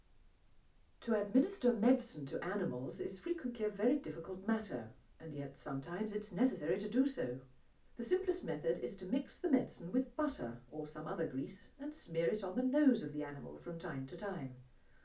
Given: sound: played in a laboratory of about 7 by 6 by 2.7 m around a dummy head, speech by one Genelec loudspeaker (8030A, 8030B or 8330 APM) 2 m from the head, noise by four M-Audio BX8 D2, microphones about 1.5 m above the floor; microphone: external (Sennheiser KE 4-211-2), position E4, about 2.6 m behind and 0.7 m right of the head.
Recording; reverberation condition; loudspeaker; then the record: female speech in English; low; 90 degrees to the left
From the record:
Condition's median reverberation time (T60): about 310 ms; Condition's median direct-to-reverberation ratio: about 3.5 dB